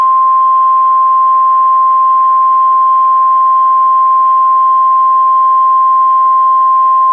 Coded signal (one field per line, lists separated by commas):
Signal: Emergency Alert System (SAME) tones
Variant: 1050 Hz attention tone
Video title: NWS DMX RWT EAS 723